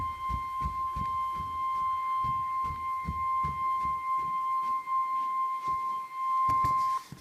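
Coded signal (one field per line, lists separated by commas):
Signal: Emergency Alert System (SAME) tones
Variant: 1050 Hz attention tone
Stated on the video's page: Severe thunderstorm warning from NOAA Weather Radio station KWO39, Chicago forecast office, recorded from a live stream.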